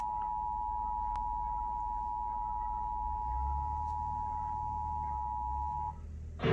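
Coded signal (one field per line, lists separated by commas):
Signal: Emergency Alert System (SAME) tones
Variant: 853 and 960 Hz attention tone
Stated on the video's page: Required Monthly Test received through a cable box on TV, with a dog barking in the background.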